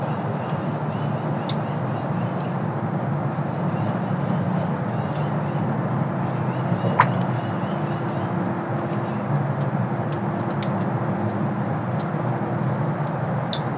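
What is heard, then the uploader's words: Melting snow drips from a bridge in sparse, bright ticks scattered every second or two, with a sharper single drop near the seven-second mark. Beneath it runs a steady low rumble like traffic, plus a faint constant hum. Hidden Winter Sound Bath (Wahlfield Park Bridge). Day-old snow melts off of a bridge on the Wahfield Park trail, creating a delicate, echoing Michigan winter sound bath.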